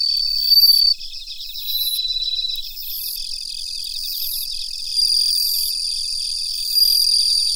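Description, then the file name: Bell cricket chorus, with bright upward-sweeping rings about once a second layered over continuous high trilling and a steady whistled tone. "Suzumushi Mitsukado"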